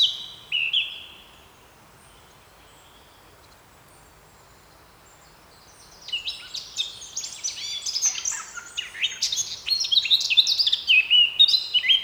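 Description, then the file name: Eurasian blackcap song: a brief high note near the start, a pause, then a rich burst of fluty, warbling phrases from about six seconds, growing louder toward the end. "Sylvia atricapilla"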